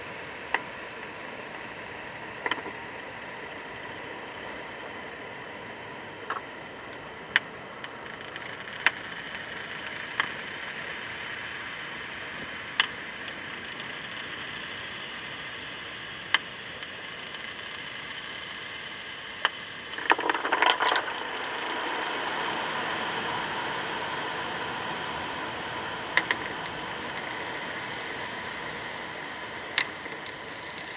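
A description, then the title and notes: Stones and pebbles click sharply every few seconds over a steady hissing drone with ringing feedback tones held high above it. Around twenty seconds a brief cluster of clattering stones breaks in, and the drone grows slightly louder afterward. An original field recording made with stones & pebbles on the shore, with additional feedback.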